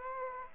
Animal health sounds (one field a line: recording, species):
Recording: mosquito wingbeat signal from an infrared sensor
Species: Aedes aegypti